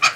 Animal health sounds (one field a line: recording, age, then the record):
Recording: pig call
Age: piglet (1 to 25 days)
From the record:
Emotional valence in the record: positive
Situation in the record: before nursing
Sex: female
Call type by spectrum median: high-frequency call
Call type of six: low-frequency tonal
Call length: 0.15 s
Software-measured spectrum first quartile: 1804 Hz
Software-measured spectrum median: 2508 Hz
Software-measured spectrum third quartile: 4358 Hz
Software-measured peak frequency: 2454 Hz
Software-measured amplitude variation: 161 dB a second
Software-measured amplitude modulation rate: 9.7 a second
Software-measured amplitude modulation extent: 16.6 dB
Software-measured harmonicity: 4.2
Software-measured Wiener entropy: -1.55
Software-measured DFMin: 714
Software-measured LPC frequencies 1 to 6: 1285, 2451, 3221, 4547, 5201, 6547 Hz